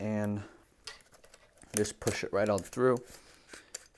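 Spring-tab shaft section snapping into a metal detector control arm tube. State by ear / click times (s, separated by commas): seated / 3.8 s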